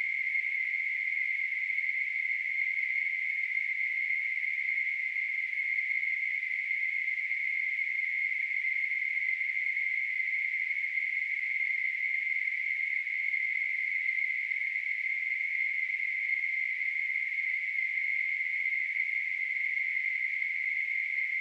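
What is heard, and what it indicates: A steady, unbroken high-pitched hiss centered around a mid-high pitch holds at constant loudness for about 21 seconds, with no low sounds. This is a simulation of tinnitus, the ringing or hissing that a person perceives in the ears.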